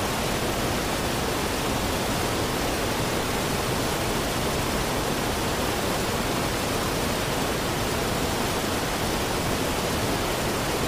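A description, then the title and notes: A forest waterfall pours steadily, a dense, unbroken rush of falling water that never changes over the eleven seconds. The sound is full, spread from a low rumble up through bright hiss, with no distinct splashes or other sounds standing out. Forest Waterfall.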